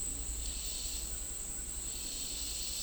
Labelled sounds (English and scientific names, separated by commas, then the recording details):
none
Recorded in dense forest near Puerto Asís, Putumayo, Colombia, on 21 March 2025 at 11:30
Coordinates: 0.499, -76.324
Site GP03